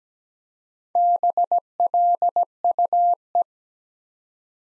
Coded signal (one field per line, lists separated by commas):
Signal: Morse code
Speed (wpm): 17 wpm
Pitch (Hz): 700 Hz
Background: none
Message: BLUE